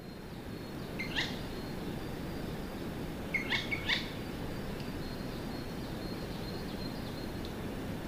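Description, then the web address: Eurasian jay with scratchy, screeching notes: one burst near the start, then a quick cluster of three rasping calls, against constant low-pitched background noise. Chichibu, Japan; 12 May 2024. "koe kakesu 240512 chichibu"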